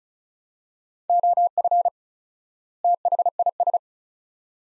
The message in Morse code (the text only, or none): OF THIS